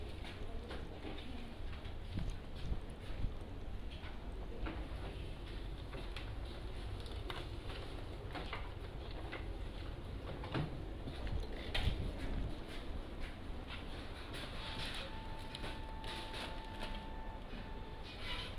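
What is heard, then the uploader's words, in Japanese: A trip out to stock a farm produce stand, heard as a steady, dense vehicle rumble that runs the whole way. Scattered knocks and rattles break through every second or so, and a thin steady tone sounds from about 15 to 18 seconds. 環境音 直売所へ店出し。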